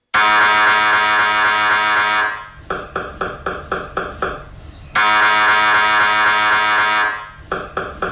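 An MRI scanner, the kind on which a brain tumour was diagnosed, runs in loud, harmonic buzzing blasts lasting about two seconds, each followed by a burst of rapid rhythmic knocking pulses, the cycle repeating twice with no voices.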